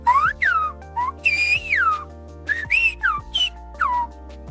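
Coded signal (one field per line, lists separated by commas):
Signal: whistled language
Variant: Silbo Gomero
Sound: a loud gliding whistle rising and falling in several short speech-like phrases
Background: low background music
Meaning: A bottle of red wine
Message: Una botella de vino tinto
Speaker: Mira, ya lo entendió, ¿eh? Una botella de vino tinto.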